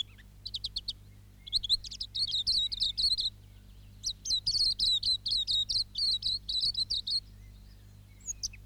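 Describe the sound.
Silvereye song: rapid series of high, thin, chirpy notes in a few bursts, the last longer and steadily repeated.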